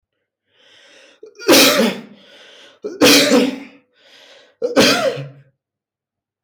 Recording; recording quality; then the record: heavy voluntary cough; excellent, no background noise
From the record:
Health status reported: COVID-19 positive, mild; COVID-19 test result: positive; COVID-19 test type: RT-PCR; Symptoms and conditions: cough, sore throat, loss of smell and taste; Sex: male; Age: 24 years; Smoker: yes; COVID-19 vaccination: both doses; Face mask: not worn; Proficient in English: yes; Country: India